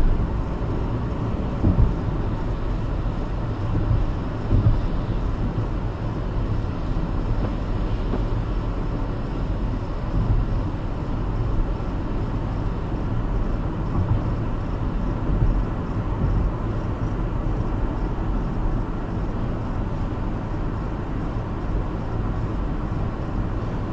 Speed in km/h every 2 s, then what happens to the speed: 69, 68, 69, 68, 68, 68, 68, 69, 69, 69, 69, 71.
0-24 steady at about 69.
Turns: none.